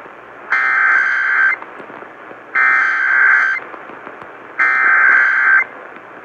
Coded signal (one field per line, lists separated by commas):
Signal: Emergency Alert System (SAME) tones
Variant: header bursts